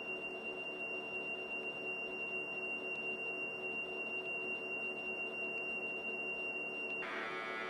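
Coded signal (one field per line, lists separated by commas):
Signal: Commodore tape loading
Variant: Commodore Datasette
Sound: steady high-pitched whine for about seven seconds, then a harsher buzzing change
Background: background hiss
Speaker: a typical program on tape first you have the lead in tone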